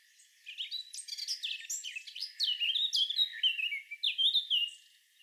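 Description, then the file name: Eurasian blackcap song: a quick scratchy twittering start that flows into louder, clear whistled phrases, rising and falling in a rich warble before stopping. "Sylvia atricapilla"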